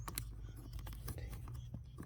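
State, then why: Not seated. Someone tries to plug a wiring harness connector into the blower motor socket of a 2000-and-later Toyota Celica, but it fails to go in. Short plastic taps and scrapes sound at about 0.1, 0.2, 0.8, 0.9 and 1.1 seconds over a steady low hum. Nothing has seated or clicked yet.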